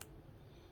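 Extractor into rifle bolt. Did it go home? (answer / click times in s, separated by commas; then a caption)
yes / 0.0 s. An extractor is slapped into place on a 300 Blackout rifle bolt while an extraction failure is being fixed. A single sharp click lands at 0.0 s, followed by a low, steady background hum. The extractor seats.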